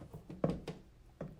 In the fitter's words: place it on top and just kind of feel around until it locks into place.